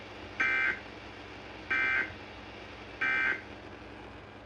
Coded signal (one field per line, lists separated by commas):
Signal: Emergency Alert System (SAME) tones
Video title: [FOUND SAFE] WV AMBER Alert on 9 stations (12/16/24) EAS 2686-2694